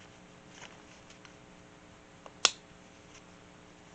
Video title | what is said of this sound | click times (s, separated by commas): MOSSBERG RF1 4 POWER RIFLE SCOPE | And it'll snap in place. | 2.4 s